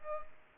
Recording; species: mosquito wingbeat signal from an infrared sensor; Aedes aegypti